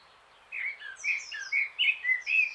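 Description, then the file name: Eurasian blackcap song: after a brief silence, a quick, rich run of loud fluty whistled notes. "Sylvia atricapilla"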